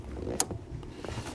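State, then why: Seated. A plastic fuel line connector is fed into the fuel pressure sensor fitting on a 2016-present Volvo XC90 (SPA) during a sensor replacement, engaging the lower lock. Faint handling and rubbing noises come before and after a single sharp, loud click at 0.4 s, and the connector is seated.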